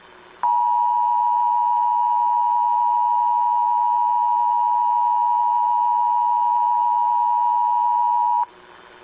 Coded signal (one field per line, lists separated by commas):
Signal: Emergency Alert System (SAME) tones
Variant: 853 and 960 Hz attention tone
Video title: EAS 3900!!!!!!!!!!!!! (EAS Alerts from 7/17/22)